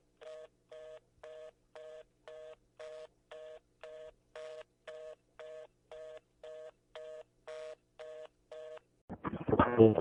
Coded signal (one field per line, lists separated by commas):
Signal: telephone call progress tone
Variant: North America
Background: speech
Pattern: reorder tone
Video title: EAS Scenario: Kidsco Shutdown